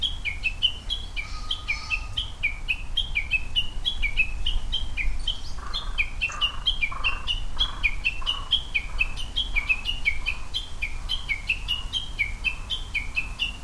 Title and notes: Japanese bush warbler (uguisu, 鶯), pheasant (kiji, キジ), crow (karasu, カラス), and traffic sounds recorded on a Sunday afternoon